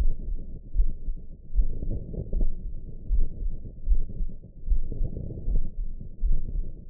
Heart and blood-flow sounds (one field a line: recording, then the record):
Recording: heart sounds by optical stethoscope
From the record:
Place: tricuspid valve (TV)